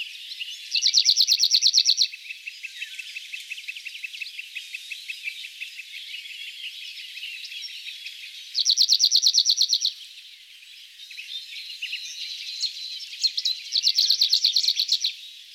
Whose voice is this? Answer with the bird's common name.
Cirl Bunting